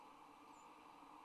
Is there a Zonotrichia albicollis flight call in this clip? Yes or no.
no